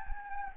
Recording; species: mosquito wingbeat signal from an infrared sensor; Anopheles gambiae